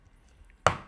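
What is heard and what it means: The second small plastic entrance funnel is pressed into the body of a Good4Bees Asian hornet trap. After near-silence, a single sharp, loud snap at 0.7 s rings out and fades quickly. The entrance is seated and clicked into place.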